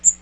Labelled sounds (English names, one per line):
Magnolia Warbler flight call